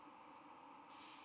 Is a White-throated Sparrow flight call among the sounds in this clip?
no